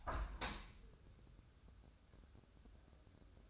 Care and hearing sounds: daily activity, microphone in the room; open window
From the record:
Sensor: 2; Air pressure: 1014.8 hPa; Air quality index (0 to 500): 79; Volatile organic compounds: 2 ppm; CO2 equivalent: 1043 ppm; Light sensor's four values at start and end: 8/19/8/8 and 8/19/8/8

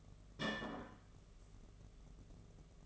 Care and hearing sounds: daily activity, microphone in the room; place plate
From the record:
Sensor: 4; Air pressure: 1015.9 hPa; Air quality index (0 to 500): 208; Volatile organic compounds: 13 ppm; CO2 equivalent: 2394 ppm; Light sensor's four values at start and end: 13/30/12/12 and 13/31/13/12

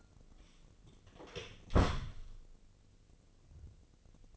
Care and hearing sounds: daily activity, microphone in the room; close door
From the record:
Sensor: 4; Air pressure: 1013.2 hPa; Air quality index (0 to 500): 176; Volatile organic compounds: 2 ppm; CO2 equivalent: 1110 ppm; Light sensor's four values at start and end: 102/256/107/114 and 78/190/81/82

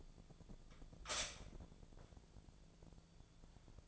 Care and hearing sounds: daily activity, microphone in the room; stop toaster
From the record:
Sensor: 5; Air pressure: 1000.3 hPa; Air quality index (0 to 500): 125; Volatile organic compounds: 2 ppm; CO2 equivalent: 987 ppm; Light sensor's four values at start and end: 86/202/86/93 and 86/201/86/93

